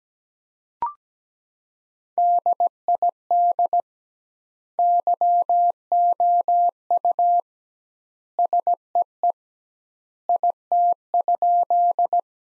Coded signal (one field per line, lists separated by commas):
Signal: Morse code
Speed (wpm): 17 wpm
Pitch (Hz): 700 Hz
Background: none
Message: DID YOU SEE IT?